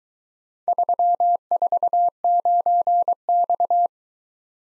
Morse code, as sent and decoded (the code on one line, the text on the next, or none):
...-- ....- ----. -..-
349X